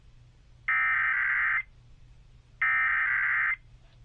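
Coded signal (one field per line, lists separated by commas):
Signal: Emergency Alert System (SAME) tones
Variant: header bursts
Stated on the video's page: Required monthly and weekly test EAS tones, received on an HDR14 receiver with the station on HD.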